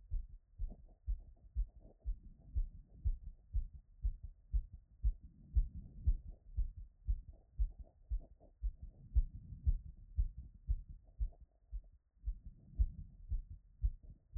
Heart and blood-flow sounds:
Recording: heart sounds by stethoscope after running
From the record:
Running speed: 6 mph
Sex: male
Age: 20 to 29 years

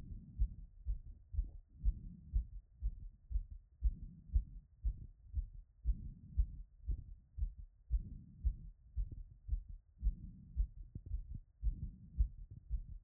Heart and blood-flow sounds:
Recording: heart sounds by stethoscope after running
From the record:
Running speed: 6 mph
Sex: female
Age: 30 to 39 years

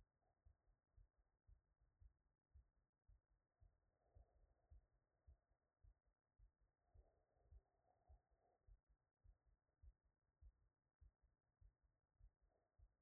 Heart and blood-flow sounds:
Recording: heart sounds by stethoscope after running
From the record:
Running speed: 5 mph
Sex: female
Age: 50 to 59 years

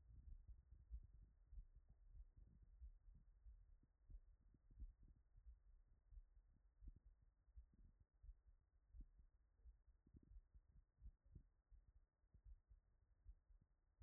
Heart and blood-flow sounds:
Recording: heart sounds by stethoscope after running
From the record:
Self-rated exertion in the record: very light exertion (1 of 6)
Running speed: 7 mph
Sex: male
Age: 24 years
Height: 175 cm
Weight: 56 kg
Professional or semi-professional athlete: no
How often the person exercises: over 5 times a week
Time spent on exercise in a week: over 5 hours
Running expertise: yes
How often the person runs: over 5 times a week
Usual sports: running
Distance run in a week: 60 km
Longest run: 43 km

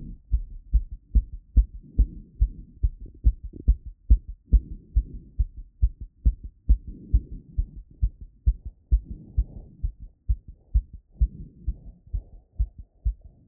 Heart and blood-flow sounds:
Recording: heart sounds by stethoscope after running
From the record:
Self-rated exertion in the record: moderate exertion (3 of 6)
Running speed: 6 mph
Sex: female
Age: 18 years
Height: 167 cm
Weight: 50 kg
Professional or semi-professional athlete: no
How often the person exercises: 1 to 2 times a week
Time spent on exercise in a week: 1 to 2 hours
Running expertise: no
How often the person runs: 1 to 2 times a week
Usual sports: running, walking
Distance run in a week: 1 to 2 km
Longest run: 6 km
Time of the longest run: 34 minutes

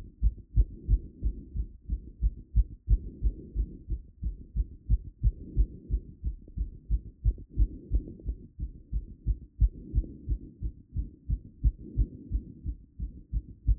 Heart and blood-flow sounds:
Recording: heart sounds by stethoscope after running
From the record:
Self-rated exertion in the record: moderate exertion (3 of 6)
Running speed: 5 mph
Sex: female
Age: 18 years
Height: 171 cm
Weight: 75 kg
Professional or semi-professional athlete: no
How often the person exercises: 1 to 2 times a week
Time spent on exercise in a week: under 1 hour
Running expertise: no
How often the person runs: 1 to 2 times a week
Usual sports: running, fencing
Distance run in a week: 3 km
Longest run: 21.3 km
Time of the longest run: 190 minutes

